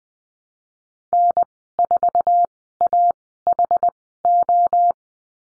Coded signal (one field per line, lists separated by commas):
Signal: Morse code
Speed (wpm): 20 wpm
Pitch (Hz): 700 Hz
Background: none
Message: N4AHO